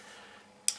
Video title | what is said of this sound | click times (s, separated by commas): Chiggy.net vidblog 15 - 07/11/2010 | and then your Move controller just locks into place there. | 0.7 s